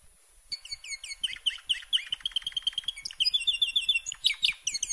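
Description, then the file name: Canary song beginning after a brief silence, with quick chirps, a fast run of repeated notes, then a high rattling trill and sharp whistled sweeps. "Canary Voice"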